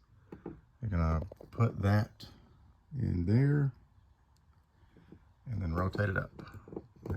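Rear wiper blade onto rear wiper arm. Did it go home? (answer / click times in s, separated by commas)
no / none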